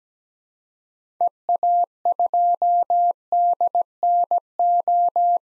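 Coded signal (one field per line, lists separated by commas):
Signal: Morse code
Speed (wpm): 17 wpm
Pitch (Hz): 700 Hz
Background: none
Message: EA2DNO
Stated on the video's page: Morse code drill at 17 wpm of common SOTA activator call signs for head-copy practice, each sent, spoken, then sent again.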